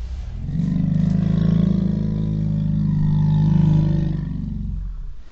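Lion roar, a deep rumbling growl that swells and holds for about five seconds, then fades away.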